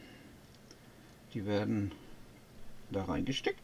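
A plastic FunWhole F9009 minifigure arm is handled and pushed toward the arm socket of the minifigure torso while someone talks. Nothing has seated or clicked yet; the arm is not yet home when the clip ends.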